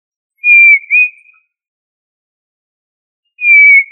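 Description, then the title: Tinamou whistle: one clear, sustained high note with a slight dip and upturn, followed after a pause by the start of another, in otherwise complete silence. "Familia Tinamidae"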